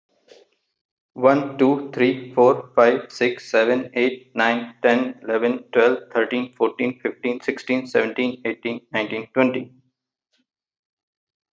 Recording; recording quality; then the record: counting at a fast pace; excellent, no background noise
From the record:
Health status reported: healthy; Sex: male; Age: 40 years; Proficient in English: yes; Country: India